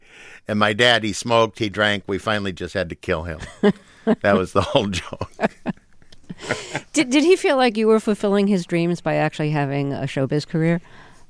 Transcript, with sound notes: And my dad, he smoked, he drank - we finally just had to kill him.
(Laughter).
That was the whole joke (laughter).
Did he feel like you were fulfilling his dreams by actually having a showbiz career?